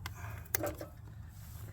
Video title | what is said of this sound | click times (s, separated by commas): Keeping the oil where it belongs? | push up until it clicks | 0.6 s